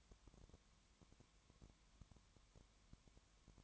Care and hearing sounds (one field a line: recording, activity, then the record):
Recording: daily activity, microphone in the room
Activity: no activity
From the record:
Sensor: 3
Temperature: 20.1 degrees Celsius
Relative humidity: 31.4%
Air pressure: 1001.3 hPa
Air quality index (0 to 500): 74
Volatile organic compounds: 1 ppm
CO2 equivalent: 696 ppm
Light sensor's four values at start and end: 2/3/2/2 and 2/3/2/2